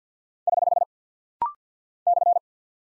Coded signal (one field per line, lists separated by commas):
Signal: Morse code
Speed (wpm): 48 wpm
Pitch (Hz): 700 Hz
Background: none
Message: <HH> /